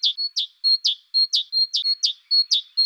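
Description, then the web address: Great tit repeating a quick two-note phrase, a downslurred note then a steady high note, about seven times in three seconds in a brisk, even rhythm. "Parus major"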